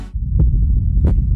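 Two deep, muffled thumps about 0.65 seconds apart over a low hum: a simulated heartbeat, the sound of a heartbeat pounding in the ears.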